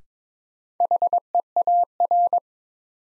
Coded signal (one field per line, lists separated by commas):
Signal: Morse code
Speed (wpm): 22 wpm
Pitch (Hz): 700 Hz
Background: none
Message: HEAR